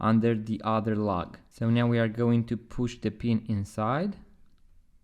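A spring bar pin on a rubber strap for an Omega x Swatch MoonSwatch is pressed down and pushed under the second lug of the watch case toward its lug hole while someone talks. Nothing has seated or clicked yet; the pin is not yet home.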